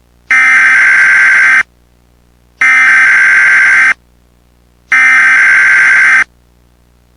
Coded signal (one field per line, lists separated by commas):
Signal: Emergency Alert System (SAME) tones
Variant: header bursts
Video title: Revsling EAS: Hong Kong blood rain alert (Cantonese)